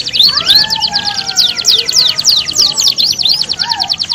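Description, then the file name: Domestic canary song of rapid chirps and rolling trills, with softer lower whistled tones drawn out beneath. Audio simulating a standard canary singing contest. "audio simulasi lomba kenari standar. omkicau"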